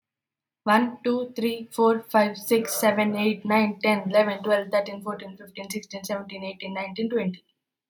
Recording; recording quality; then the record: counting at a fast pace; excellent, no background noise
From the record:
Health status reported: healthy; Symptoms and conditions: none ticked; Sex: female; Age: 20 years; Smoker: not ticked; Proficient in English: yes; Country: India